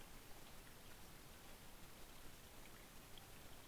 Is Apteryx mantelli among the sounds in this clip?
no